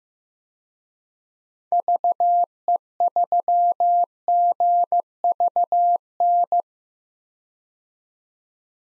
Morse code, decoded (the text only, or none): VE3GVN